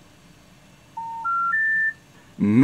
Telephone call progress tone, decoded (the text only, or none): special information tone